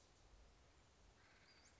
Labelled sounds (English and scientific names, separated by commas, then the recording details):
Western Flycatcher (Empidonax difficilis)
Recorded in Sonoma County, California